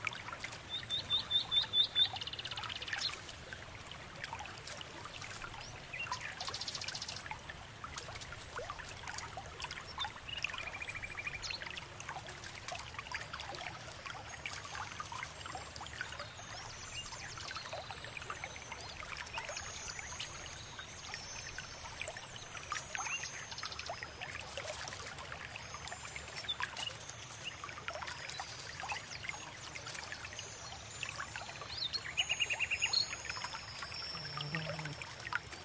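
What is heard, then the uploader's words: A calm river runs steadily through the whole scene, a dense, even wash of trickling and pouring water. High, bright bird calls come in short scattered phrases over it, more often in the second half, with a louder burst near the start. Enchanted Autumn forest Ambience | nightingale singing | calm river.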